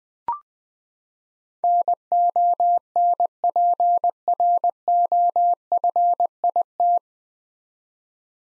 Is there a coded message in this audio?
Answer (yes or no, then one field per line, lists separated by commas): yes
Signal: Morse code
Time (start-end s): 1.6-7.0 s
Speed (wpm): 20 wpm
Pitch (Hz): 700 Hz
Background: none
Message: NONPROFIT